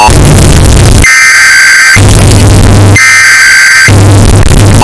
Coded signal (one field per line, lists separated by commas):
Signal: Emergency Alert System (SAME) tones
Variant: header bursts